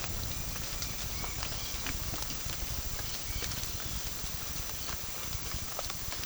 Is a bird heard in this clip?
no